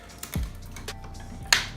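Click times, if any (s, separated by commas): 1.5 s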